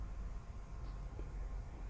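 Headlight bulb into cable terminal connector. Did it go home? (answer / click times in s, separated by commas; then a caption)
no / none. A headlight bulb's little tip is lined up with the cable terminal connector before being pushed home. Only a steady low rumble and faint handling noise are heard, with no sharp sounds. Nothing has seated or clicked yet.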